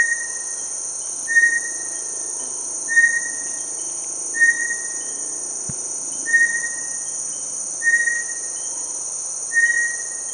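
Bartlett's tinamou giving a series of several short, clear whistles roughly every one and a half seconds, with a constant high drone behind.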